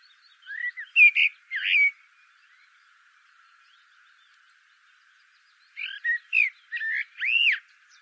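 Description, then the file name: Eurasian blackbird song: a short warbled phrase, a long pause of about four seconds, then a second phrase of rising and falling notes. "Turdus merula"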